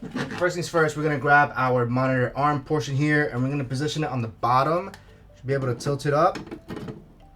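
Someone talks over background music while handling the stand arm of a Gigabyte GS32Q 32-inch 1440P gaming monitor, positioning it at the bottom of the rear mount on the back of the monitor and tilting it up. Nothing has seated or clicked yet.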